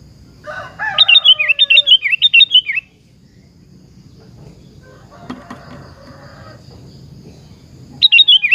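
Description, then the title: Sooty-headed bulbul song: a fast run of bright chirped notes with softer lower whistles at its start, a faint sound midway, then a second phrase at the end. "Kutilang"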